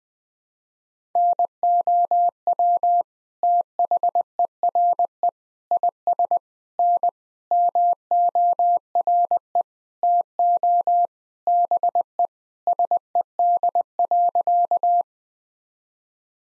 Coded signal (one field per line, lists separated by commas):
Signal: Morse code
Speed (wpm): 20 wpm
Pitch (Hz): 700 Hz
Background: none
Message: NOW THERE IS N MORE TO BE SED.